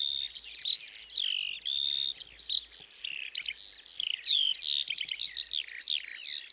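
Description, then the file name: Eurasian skylark song: a fast, unbroken stream of high warbling notes, chirps and short whistled slurs, varied and continuous throughout. "mezeipacsirta"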